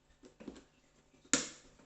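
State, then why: Seated. A small plastic rotating scrubbing brush is pushed onto the underside of a ZX300 pool-cleaning robot, with faint scuffing and contact sounds between about 0.2 and 0.6 s. A single sharp, bright click at 1.3 s marks the brush clipping into the robot body, and it rings briefly as it fades. The brush is seated.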